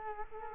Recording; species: mosquito wingbeat signal from an infrared sensor; Culex quinquefasciatus